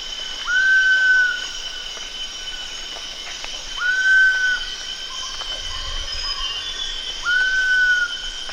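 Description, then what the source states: Giant pitta whistling three drawn-out slurred notes roughly every three and a half seconds, with continuous high insect hum and faint softer sounds between. Recorded at Danum on 1 August 2009.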